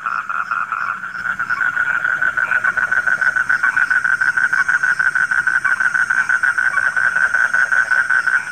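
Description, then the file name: Frog chorus, a continuous throbbing trill of quick pulsed croaks over a thin high hum. Frogs recorded at night. "suara kodok di malam hari"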